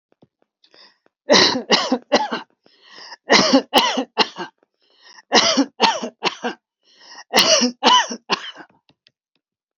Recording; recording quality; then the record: heavy voluntary cough; excellent, no background noise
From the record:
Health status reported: healthy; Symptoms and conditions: hypertension, ischaemic heart disease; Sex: male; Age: 58 years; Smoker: no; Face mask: not worn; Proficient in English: yes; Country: India